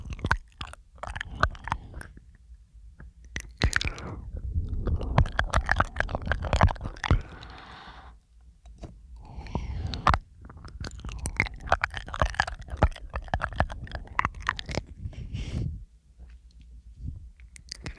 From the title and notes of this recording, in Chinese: 口腔音+呼吸，asmr。